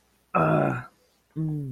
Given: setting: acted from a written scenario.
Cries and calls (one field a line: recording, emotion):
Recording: vocal sound without words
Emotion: pain